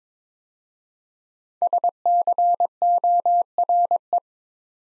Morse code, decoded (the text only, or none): SCORE